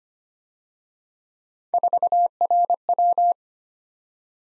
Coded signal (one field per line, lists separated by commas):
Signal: Morse code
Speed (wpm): 29 wpm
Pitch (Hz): 700 Hz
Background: none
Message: 4RW